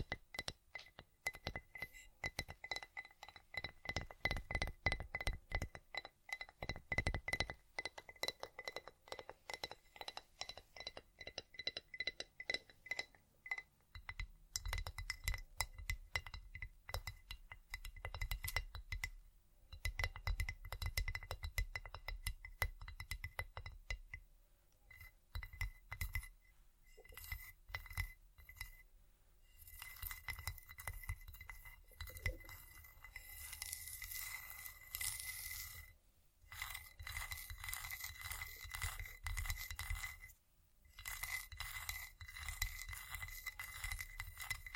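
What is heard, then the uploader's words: Rapid tapping, clinking and scratching on glass and hard surfaces, turning brighter and hissier after thirty seconds, over a faint steady whine. Vinyl,wood,tapping,scratchig,chain,glass,etc.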